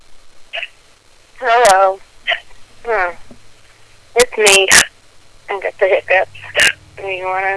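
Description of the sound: Brief phrases of speech broken by several sudden, sharp gulping clicks, typical of hiccups while talking.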